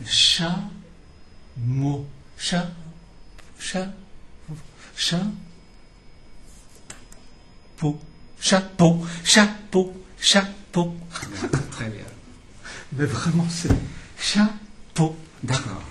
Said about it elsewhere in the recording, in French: Ce sont des paraphasies. C'est-à-dire que la sensibilité du mot, il a le mot, oui, mais il n'a pas la sensibilité correcte du mot, et il a besoin d'avoir des approches du mot. C'est ce qu'on appelle les paraphasies. Et ce n'est pas un problème articulatoire.